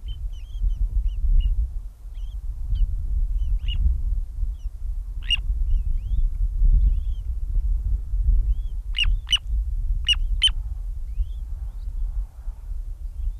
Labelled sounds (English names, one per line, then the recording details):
Little Ringed Plover call
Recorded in the wild
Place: Hann. Münden, OT Gimte, Niedersachsen, DE
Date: 1968-05-25
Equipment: Halbspur 19 cm
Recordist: Lütgens, Hans